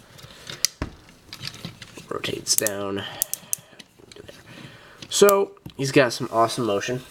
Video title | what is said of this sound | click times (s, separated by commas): Transformers Generations Soundblaster with Buzzsaw Video Review | this goes back up here snaps into place | 0.7 s